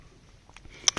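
A clapper valve fitted into a nutrient tank, which lets water through only while pushed in, is pulled outward until it locks in place. After a few faint ticks, a sharp click at 0.9 s marks the valve seating, followed by another louder knock near the end of the clip.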